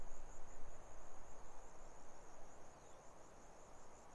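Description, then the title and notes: Grasshopper stridulation as an unbroken thin, rapidly pulsing buzz, accompanied by steady gusty wind noise. Grasshoppers stridulating on a lukewarm autumn afternoon, 6 May 2015, arid Barrier Ranges near Broken Hill, Australian outback; wind through desert she-oaks. "Autumn) Quiet Afternoon In The Barrier Ranges. Grasshoppers stridulate, sparse bird song reverberates across the arid hills while the ever-present wind sings through the desert she-oaks. Recorded on a lukewarm afternoon in the Australian outback, not far from the "city" of Broken Hill. 6th of May, 2015"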